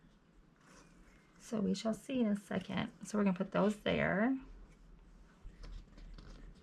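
A wooden kit panel for a Rolife Gingerbread House miniature is positioned and lined up with the mating slot of the miniature house before being pushed together. Someone talks over quiet handling sounds, with a brief light tap near 6.2 s. Nothing has seated or clicked yet.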